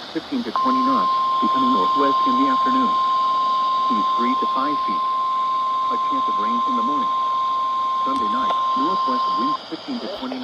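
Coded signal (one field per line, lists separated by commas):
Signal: Emergency Alert System (SAME) tones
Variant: 1050 Hz attention tone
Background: speech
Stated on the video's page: Required Weekly Tests from two NOAA Weather Radio stations.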